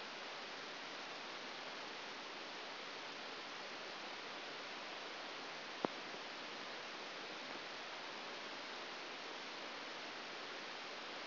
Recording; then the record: brain microelectrode recording played as sound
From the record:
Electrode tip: outside the subthalamic nucleus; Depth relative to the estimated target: -8 mm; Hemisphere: right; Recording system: AlphaMap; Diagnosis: Parkinson's disease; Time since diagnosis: 12 years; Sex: male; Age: 57 years